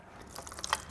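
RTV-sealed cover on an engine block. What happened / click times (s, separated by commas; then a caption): The sealed metal cover popped free / 0.7 s. An RTV-sealed metal cover on an engine block, which had been leaking and was sealed with non-factory RTV from an earlier removal, is pried off. A series of small cracks and creaks builds up before a sharp pop at 0.7 s as the cover breaks free, followed by a final crack near the end.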